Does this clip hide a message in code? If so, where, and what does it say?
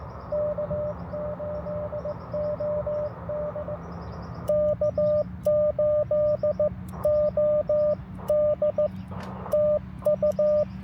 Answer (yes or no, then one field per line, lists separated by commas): yes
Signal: Morse code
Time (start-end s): 0.3-10.6 s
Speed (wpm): 15 wpm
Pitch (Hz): 590 Hz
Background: none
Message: K8OD K8OD TU